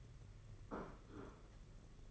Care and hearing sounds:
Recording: daily activity, microphone in the room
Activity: place plate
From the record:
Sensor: 4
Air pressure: 992.6 hPa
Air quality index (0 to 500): 134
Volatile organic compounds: 55 ppm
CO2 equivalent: 3358 ppm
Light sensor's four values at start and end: 19/65/24/25 and 19/65/24/25

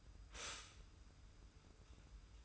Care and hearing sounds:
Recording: daily activity, microphone in the room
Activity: stop toaster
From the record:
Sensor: 2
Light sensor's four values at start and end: 30/71/29/29 and 30/71/29/29

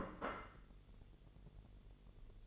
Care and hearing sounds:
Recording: daily activity, microphone in the room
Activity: place plate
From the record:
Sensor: 4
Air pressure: 1002.9 hPa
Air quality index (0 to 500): 249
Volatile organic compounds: 20 ppm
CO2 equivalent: 2698 ppm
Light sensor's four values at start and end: 5/12/4/5 and 5/12/4/5

